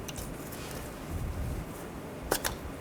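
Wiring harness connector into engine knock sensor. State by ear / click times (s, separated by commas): seated / 2.3 s, 2.5 s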